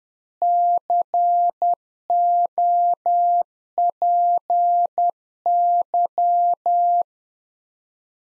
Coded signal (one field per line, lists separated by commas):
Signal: Morse code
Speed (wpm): 10 wpm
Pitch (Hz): 700 Hz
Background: none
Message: COPY